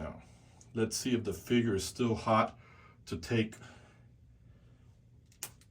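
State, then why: Released. Someone talks, then a plastic fist is pulled off the wrist ball peg of a NECA Preacher Jesse Custer action figure. It releases with a single sharp snap at 5.4 s.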